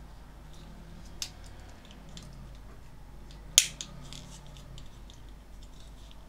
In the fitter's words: tape you probably heard that click that it's a little bit tight